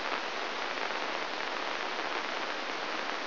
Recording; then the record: brain microelectrode recording played as sound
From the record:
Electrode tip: inside the subthalamic nucleus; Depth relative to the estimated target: 1 mm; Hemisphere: right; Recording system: AlphaMap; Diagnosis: Parkinson's disease